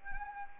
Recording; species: mosquito wingbeat signal from an infrared sensor; Anopheles arabiensis